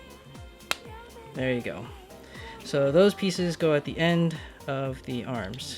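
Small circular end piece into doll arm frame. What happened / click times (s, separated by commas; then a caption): The small plastic end piece clicked into place / 0.7 s. A small circular plastic end piece is pushed into the end of a doll frame arm and clicks in quickly, seating with a sharp snap at 0.7 s. Someone talks over background music for the rest of the clip.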